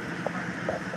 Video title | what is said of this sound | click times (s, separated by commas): Playing with my washer I found on marketplace!! | and it locks the lid locks even though it's broke but you just heard it click | 0.3 s